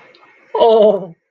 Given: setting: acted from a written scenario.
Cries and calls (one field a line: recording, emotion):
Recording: vocal sound without words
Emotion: fear